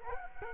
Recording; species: mosquito wingbeat signal from an infrared sensor; Culex quinquefasciatus